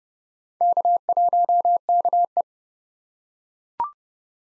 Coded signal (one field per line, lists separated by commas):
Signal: Morse code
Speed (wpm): 30 wpm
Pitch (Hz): 700 Hz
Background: none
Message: K1KE